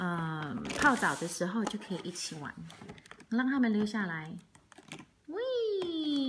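Someone talks while fitting a plastic toy piece into a Disney Ariel sisters mermaid bath playset, with light plastic handling noises between the speech, including a faint tap around 4.9 s. The piece has not seated or clicked into place yet.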